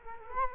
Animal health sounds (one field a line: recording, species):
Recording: mosquito wingbeat signal from an infrared sensor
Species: Culex quinquefasciatus